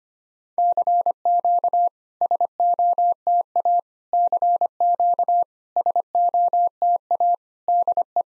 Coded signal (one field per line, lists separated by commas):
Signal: Morse code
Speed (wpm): 25 wpm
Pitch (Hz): 700 Hz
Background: none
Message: CQ SOTA CQ SOTA DE